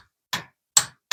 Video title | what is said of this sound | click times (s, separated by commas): Kawasaki Versys Oil Change | There's our click. | 0.8 s